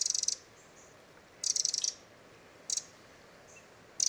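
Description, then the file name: Eurasian wren producing harsh, high churring rattles of varied length at irregular gaps. "Troglodytes troglodytes"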